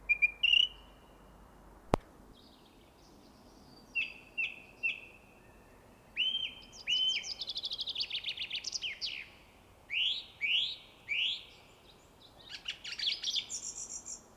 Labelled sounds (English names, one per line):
Song Thrush song